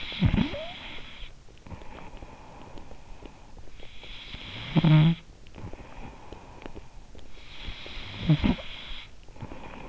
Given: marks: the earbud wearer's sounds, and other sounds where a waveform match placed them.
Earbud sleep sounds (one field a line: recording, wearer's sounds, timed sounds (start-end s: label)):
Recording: sounds in sleep by an in-ear microphone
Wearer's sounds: snoring breath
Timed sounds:
0.00-9.88 s: snoring breath